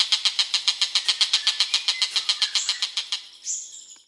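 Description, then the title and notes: Bird repeating rapid harsh notes, fading toward the end, then a brief high note. "Bird Sound. Kicau Burung Lengkap"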